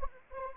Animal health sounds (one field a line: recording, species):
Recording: mosquito wingbeat signal from an infrared sensor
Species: Anopheles arabiensis